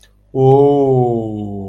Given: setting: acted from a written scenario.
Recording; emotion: vocal sound without words; positive surprise